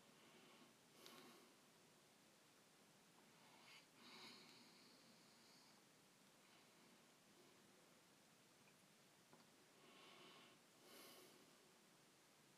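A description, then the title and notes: Snoring heard as slow, airy breaths over a steady soft hiss. Breathy swells rise near the start, around four seconds and again near ten to eleven seconds, several seconds apart, with faint rustling in between. Snoring.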